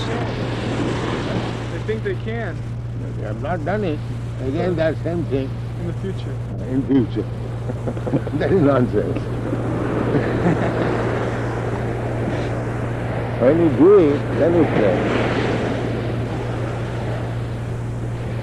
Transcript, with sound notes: They think they can.
They have not done it. Again the same thing.
"In the future."
"In future." [laughs] That is nonsense. When you do it, then you claim.